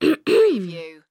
Cough Clear Throat.